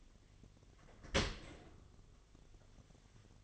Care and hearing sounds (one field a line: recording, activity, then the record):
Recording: daily activity, microphone in the room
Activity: open dishwasher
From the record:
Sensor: 4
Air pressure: 1007.5 hPa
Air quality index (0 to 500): 199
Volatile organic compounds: 7 ppm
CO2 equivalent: 1989 ppm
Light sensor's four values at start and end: 22/70/26/26 and 22/70/26/26